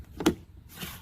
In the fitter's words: now thirteen sixteenths pops